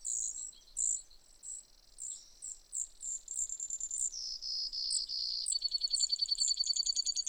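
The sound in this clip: Brewer's sparrow singing a long, high-pitched string of chips, dry buzzes and fast trills that change speed and pitch, ending in a rapid rattling trill.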